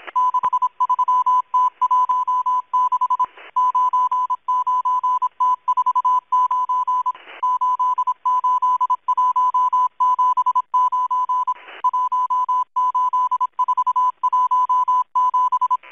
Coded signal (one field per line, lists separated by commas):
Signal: Morse code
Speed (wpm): 26 wpm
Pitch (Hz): 1000 Hz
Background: music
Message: 63T16 99T49 88179 18417